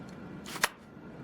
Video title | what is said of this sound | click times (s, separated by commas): Milwaukee VS Dewalt 12V Hammer Drills !!!!! | that like snaps into place from a hammer here | 0.6 s